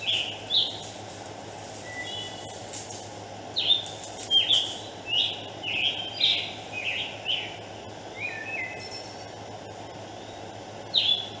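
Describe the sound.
Scarlet tanager singing hoarse, burry phrases, short slurred notes rising and falling in a choppy run, with a brief lull, over a constant low hum.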